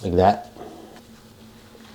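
Someone talks briefly while a rubber mounting insert for a bidet seat is handled at a hole in the bidet seat mounting plate, followed by quiet, faint handling noise. The insert has not snapped into place yet, and nothing has seated or clicked.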